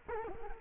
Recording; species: mosquito wingbeat signal from an infrared sensor; Culex quinquefasciatus